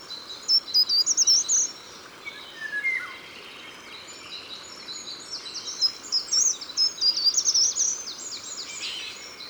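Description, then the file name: Eurasian wren singing fast, high, jumbled trills and twittering phrases in repeated bursts, with a brief lower whistled phrase from another bird between them and soft background hiss. Recorded in the Drôme together with a Eurasian golden oriole. "Troglodyte-mignon-et-loriot-d Europe-Concerts-Naturels-de-la-Drome-Studio-les-Trois-Becs"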